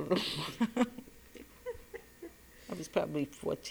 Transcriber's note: they laugh